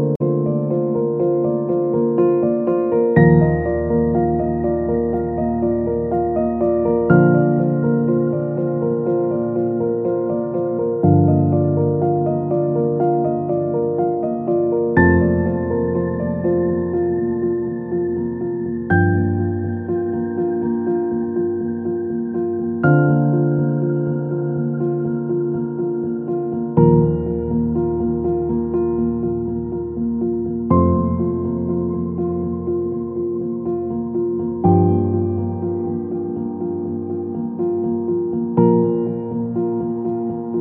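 Calm piano music plays at an even, unhurried pace, with a new chord struck roughly every four seconds over sustained low bass notes. Soft repeated notes ring in the middle range between changes, and the loudness stays steady throughout.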